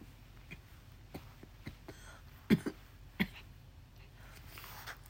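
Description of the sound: An adult woman with a hoarse, raspy voice and a badly troubled throat coughs in a few short bursts. Breathing in makes her want to cough.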